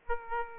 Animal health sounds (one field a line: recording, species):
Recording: mosquito wingbeat signal from an infrared sensor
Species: Aedes aegypti